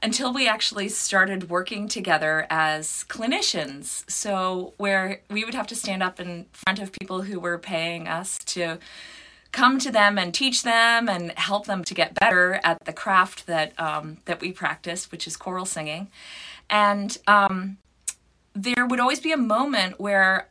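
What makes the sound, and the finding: Adult woman speaking. Typical speech.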